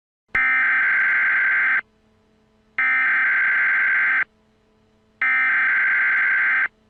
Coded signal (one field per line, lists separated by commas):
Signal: Emergency Alert System (SAME) tones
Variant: header bursts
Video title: Mandela EAS Scenario | Alternate Universe REMASTERED